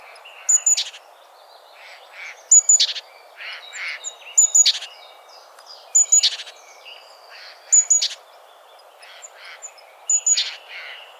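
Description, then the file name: Great tit calls: a thin high note followed by a harsh, buzzy burst, repeated roughly every two seconds, with softer chattering notes between the bursts. "Parus major"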